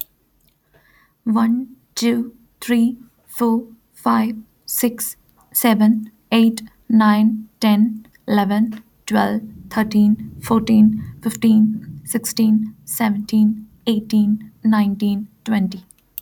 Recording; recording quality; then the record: counting at a normal pace; excellent, no background noise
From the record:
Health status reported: healthy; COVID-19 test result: not tested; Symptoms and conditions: none ticked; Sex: female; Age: 29 years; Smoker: not ticked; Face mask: not worn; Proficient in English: yes